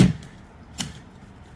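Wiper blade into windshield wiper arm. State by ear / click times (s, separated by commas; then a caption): seated / 0.0 s. The plastic cartridge adapter of a passenger-side wiper blade on a BMW M550 is slid into the windshield wiper arm and pushed until it locks. A sharp click is heard at 0.0 s, followed by a faint tick at 0.2 s and another short, sharp tick at 0.8 s. The blade is seated and locked on the arm.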